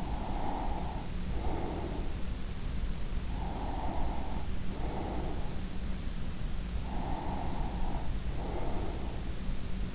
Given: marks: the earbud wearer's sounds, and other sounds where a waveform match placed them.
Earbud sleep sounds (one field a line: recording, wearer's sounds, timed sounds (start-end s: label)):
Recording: sounds in sleep by an in-ear microphone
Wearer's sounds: breath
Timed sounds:
0.00-2.27 s: breath
3.24-5.89 s: breath
6.82-9.36 s: breath